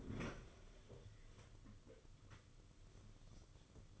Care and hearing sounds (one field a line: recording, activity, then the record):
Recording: daily activity, microphone in the room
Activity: open fridge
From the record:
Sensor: 4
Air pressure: 995.2 hPa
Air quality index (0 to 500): 212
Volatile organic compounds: 230 ppm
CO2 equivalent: 4306 ppm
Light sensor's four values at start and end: 35/109/41/45 and 30/96/36/39